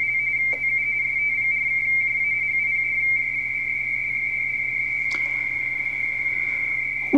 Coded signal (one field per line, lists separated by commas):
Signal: RTTY